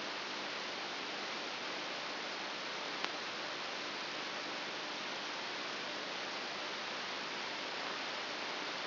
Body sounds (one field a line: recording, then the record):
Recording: brain microelectrode recording played as sound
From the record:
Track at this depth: outside the subthalamic nucleus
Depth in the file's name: 7.001 mm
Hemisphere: right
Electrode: 2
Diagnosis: Parkinson's disease